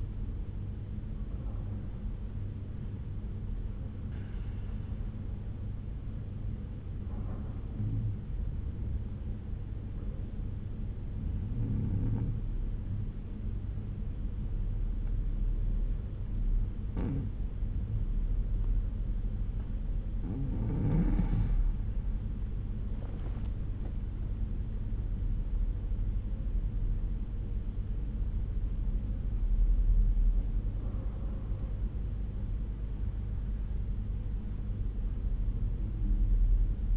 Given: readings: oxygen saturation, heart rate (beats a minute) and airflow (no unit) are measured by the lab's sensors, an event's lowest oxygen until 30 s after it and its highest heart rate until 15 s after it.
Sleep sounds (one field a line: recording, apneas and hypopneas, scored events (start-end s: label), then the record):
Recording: breathing in sleep by a smartphone at the bedside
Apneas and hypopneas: 1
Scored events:
3.00-21.00 s: hypopnea (N2, oxygen 95% highest, then 88% lowest, heart rate 66 at the start, 76 highest)
20.00-36.97 s: new sleep stage, N1 (lightest sleep)
From the record:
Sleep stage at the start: N2 (light sleep)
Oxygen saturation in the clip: 90 to 95%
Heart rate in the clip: 61 to 76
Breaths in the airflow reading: 7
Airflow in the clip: -7.1 to 8.2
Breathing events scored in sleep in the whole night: 368 in 8.0 hours asleep